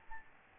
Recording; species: mosquito wingbeat signal from an infrared sensor; Aedes albopictus